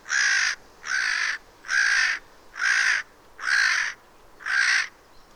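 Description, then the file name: Eurasian jay calling with six loud, hoarse screeches, each about half a second long, evenly repeated roughly every 0.9 seconds. "Garrulus glandarius"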